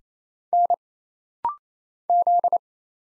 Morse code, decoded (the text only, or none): N Z